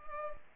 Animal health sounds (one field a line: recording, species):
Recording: mosquito wingbeat signal from an infrared sensor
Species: Culex pipiens